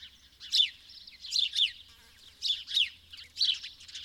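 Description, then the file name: House sparrow giving several strong, rasping chirps in quick succession. "Passer domesticus"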